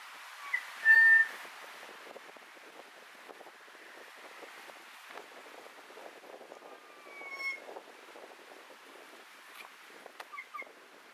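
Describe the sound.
Kōkako song: a loud, pure, steady whistled note early on, then two falling gliding whistles and a few short notes at the end, over gusty wind noise.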